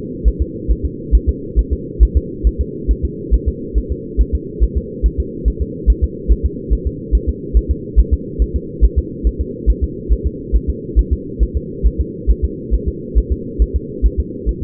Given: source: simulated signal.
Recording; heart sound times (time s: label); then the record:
fetal heart sounds
0.28 s: S1
0.42 s: S2
0.71 s: S1
0.85 s: S2
1.15 s: S1
1.29 s: S2
1.59 s: S1
1.73 s: S2
2.03 s: S1
2.17 s: S2
2.47 s: S1
2.61 s: S2
2.91 s: S1
3.05 s: S2
3.34 s: S1
3.48 s: S2
3.78 s: S1
3.92 s: S2
4.21 s: S1
4.35 s: S2
4.63 s: S1
4.77 s: S2
5.06 s: S1
5.20 s: S2
5.48 s: S1
5.62 s: S2
5.90 s: S1
6.04 s: S2
6.31 s: S1
6.45 s: S2
6.73 s: S1
6.87 s: S2
7.15 s: S1
7.29 s: S2
7.57 s: S1
7.71 s: S2
8.00 s: S1
8.14 s: S2
8.42 s: S1
8.56 s: S2
8.84 s: S1
8.98 s: S2
9.27 s: S1
9.41 s: S2
9.70 s: S1
9.84 s: S2
10.12 s: S1
10.27 s: S2
10.56 s: S1
10.70 s: S2
10.99 s: S1
11.13 s: S2
11.43 s: S1
11.57 s: S2
11.86 s: S1
12.00 s: S2
12.30 s: S1
12.44 s: S2
12.74 s: S1
12.88 s: S2
13.18 s: S1
13.32 s: S2
13.62 s: S1
13.76 s: S2
14.06 s: S1
14.20 s: S2
14.49 s: S1
14.63 s: S2
From the record:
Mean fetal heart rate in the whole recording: 140 bpm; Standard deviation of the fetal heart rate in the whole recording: 2 bpm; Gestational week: 34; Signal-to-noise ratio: -4.1 dB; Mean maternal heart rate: no maternal heart sound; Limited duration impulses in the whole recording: absent